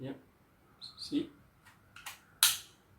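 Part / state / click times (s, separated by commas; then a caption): drone part (likely battery) pushed into drone body / seated / 2.4 s. A part of a budget drone is pushed into its plastic body while someone talks. Two soft ticks come near 2.0 and 2.1 seconds. A sharp, bright click at 2.4 seconds shows the part has seated fully home, pushed in as far as it goes.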